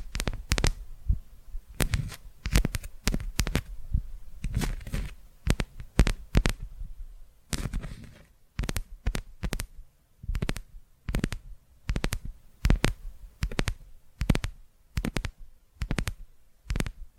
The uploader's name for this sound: ASMR Tapping Through Your Brain